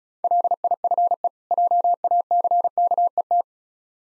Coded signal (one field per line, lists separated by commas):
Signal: Morse code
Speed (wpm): 36 wpm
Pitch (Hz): 700 Hz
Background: none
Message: LIFE JACKET